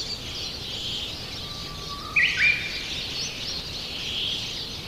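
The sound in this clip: Japanese bush warbler song: one sustained whistle rising into a sharp two-part flourish, against a continuous high droning background.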